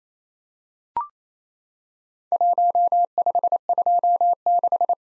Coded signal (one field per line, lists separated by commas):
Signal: Morse code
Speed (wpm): 28 wpm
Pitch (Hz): 700 Hz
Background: none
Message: 1526